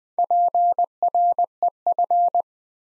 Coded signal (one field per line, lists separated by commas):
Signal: Morse code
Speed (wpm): 20 wpm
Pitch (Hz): 700 Hz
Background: none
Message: PREF